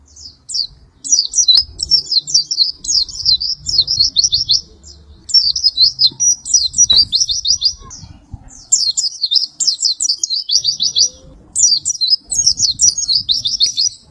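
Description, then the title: White-eye singing long runs of fast, high chirpy trills in several phrases split by short gaps. "Pleci"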